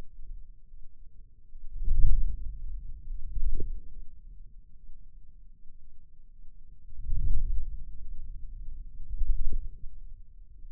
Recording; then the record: forearm muscle sounds (acoustic myography)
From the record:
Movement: wrist flexion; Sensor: system 2, bracelet of six BSWA MPA416 microphones around the upper forearm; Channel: 6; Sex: male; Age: 22 years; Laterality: right